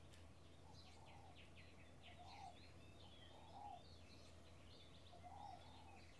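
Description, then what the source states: Birds in chorus: repeated low cooing phrases alongside busy high chirps and twitters, over a steady low hum. Bird ambience in a field in the early morning with a slight breeze.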